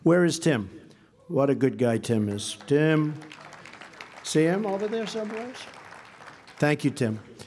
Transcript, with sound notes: Where is Tim? What a good guy Tim is. (Applause.) Tim. See him over there someplace? Thank you, Tim.